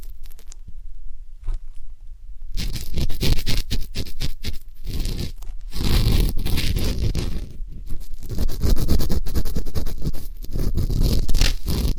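ASMR ear canal cleaning: after about two and a half seconds of near silence with a few faint ticks, dense scratching and rubbing takes over. The scraping is rough and continuous, with a deep rumble beneath a bright hiss, broken by brief pauses every second or two.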